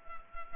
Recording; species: mosquito wingbeat signal from an infrared sensor; Culex pipiens